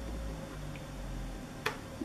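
A right-hand speaker wire plug is pushed onto the middle, minus and plus terminals of an amplifier board and seats with a sharp click at 1.7 s. A faint tick follows around 2.0 s, over a low steady hum.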